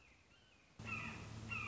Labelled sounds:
Red-shouldered Hawk
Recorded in Sonoma County, California

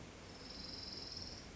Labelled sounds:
Orange-crowned Warbler
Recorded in Sonoma County, California

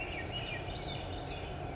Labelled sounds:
Swainson's Thrush
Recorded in Sonoma County, California

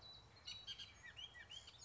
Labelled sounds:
Bullock's Oriole
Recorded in Sonoma County, California

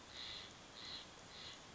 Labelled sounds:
Steller's Jay
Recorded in Sonoma County, California

